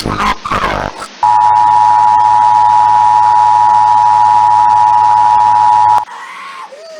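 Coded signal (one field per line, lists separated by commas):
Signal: Emergency Alert System (SAME) tones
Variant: 853 and 960 Hz attention tone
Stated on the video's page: Fictional EAS scenario alert about a cybug warning.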